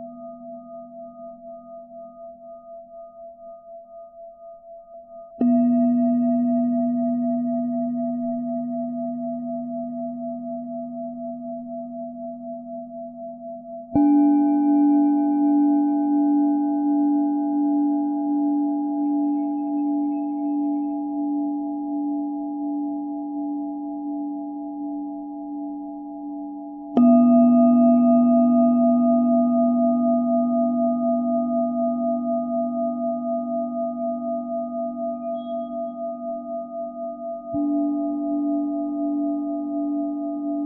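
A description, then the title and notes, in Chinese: A singing bowl is struck several times, at about 5, 14, 27 and 37 seconds, each strike ringing out into a long, slowly fading hum with a gentle pulsing wobble. The tone is deep and warm with clear higher overtones, otherwise quiet. 颂钵治疗音乐。西藏颂钵源自喜玛拉雅山区，采用当地七种金属及天然矿石，经由手工凿击而成，每个颂钵都有独特的质地与音声频率，透过敲击或摩擦的方式，将声音振动传递到身心深处。颂钵深沉悠远的铿锵声。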